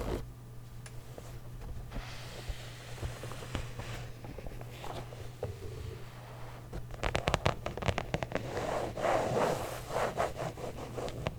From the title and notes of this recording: ASMR Nintendo Switch Case Sounds.